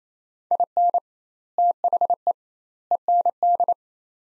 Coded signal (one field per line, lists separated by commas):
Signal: Morse code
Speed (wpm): 28 wpm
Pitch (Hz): 700 Hz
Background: none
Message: IN THE END